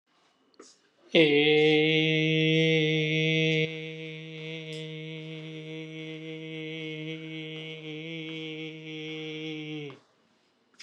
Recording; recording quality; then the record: sustained vowel as in made; excellent, no background noise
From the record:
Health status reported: healthy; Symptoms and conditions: breathing difficulty, fatigue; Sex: male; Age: 21 years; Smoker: yes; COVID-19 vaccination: both doses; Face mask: not worn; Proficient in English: yes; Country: India